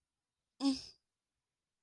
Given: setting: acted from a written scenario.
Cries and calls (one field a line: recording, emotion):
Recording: vocal sound without words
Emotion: distress